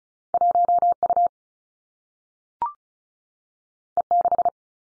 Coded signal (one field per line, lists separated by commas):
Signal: Morse code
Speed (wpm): 36 wpm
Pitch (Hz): 700 Hz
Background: none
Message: 1 U E 6